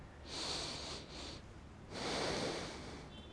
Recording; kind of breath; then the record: one breath in and out by a microphone near the nose and mouth; deep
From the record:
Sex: male